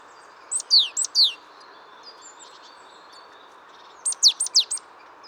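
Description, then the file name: Great tit giving two short bursts of high, clear notes, each burst alternating a steady high note with a falling sweep, separated by about three seconds of quiet. "Parus major"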